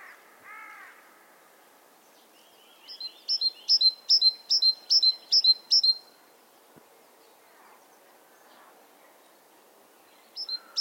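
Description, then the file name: Great tit: a short churr, a pause, then a quick run of two-note ringing phrases, and a final fragment starting near the end. "Parus major"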